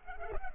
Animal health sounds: mosquito wingbeat signal from an infrared sensor; Culex pipiens

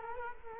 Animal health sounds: mosquito wingbeat signal from an infrared sensor; Culex quinquefasciatus

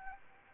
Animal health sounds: mosquito wingbeat signal from an infrared sensor; Anopheles arabiensis

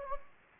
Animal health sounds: mosquito wingbeat signal from an infrared sensor; Anopheles gambiae

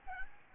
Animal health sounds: mosquito wingbeat signal from an infrared sensor; Aedes albopictus

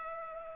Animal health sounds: mosquito wingbeat signal from an infrared sensor; Culex pipiens

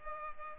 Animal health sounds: mosquito wingbeat signal from an infrared sensor; Culex pipiens

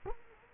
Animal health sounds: mosquito wingbeat signal from an infrared sensor; Culex quinquefasciatus

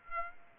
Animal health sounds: mosquito wingbeat signal from an infrared sensor; Aedes aegypti

